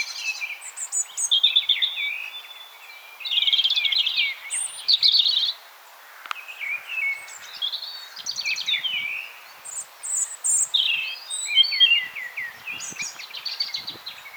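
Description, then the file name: European robin pouring out high, wistful warbling phrases: trills, slurred whistles and quick twitters, broken by brief pauses, against light background noise. "Erithacus rubecula"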